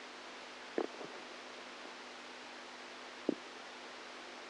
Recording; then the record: brain microelectrode recording played as sound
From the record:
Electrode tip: outside the subthalamic nucleus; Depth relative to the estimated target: 4 mm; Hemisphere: right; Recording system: NeuroSet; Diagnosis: Parkinson's disease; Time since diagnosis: 10 years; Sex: female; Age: 67 years